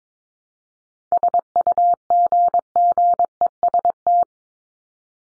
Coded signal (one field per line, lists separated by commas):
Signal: Morse code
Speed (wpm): 22 wpm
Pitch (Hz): 700 Hz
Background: none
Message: SUGGEST